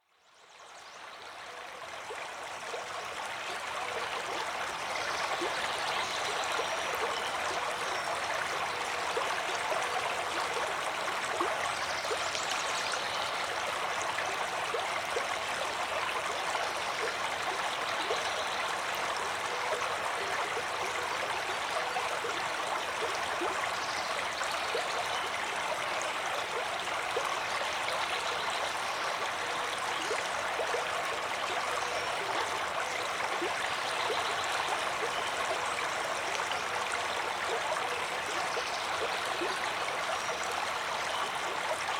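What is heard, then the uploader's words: A stream rushes steadily, a dense, constant hiss of running water centered in the middle and upper range with little low rumble. The sound fades up from silence over the first few seconds, then holds level and unchanging to the end. Nature's Calming Stream White Noise.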